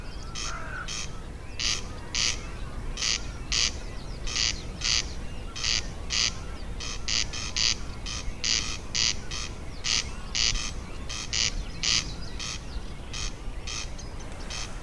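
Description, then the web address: Corn crake calling, harsh rasping paired notes, crex-crex, repeated steadily about every one and a half seconds throughout, with a faint bird note near the start. Recorded in Brandenburg in 2012. "Brandenburg 2012 Kwartelkoning"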